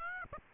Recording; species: mosquito wingbeat signal from an infrared sensor; Aedes aegypti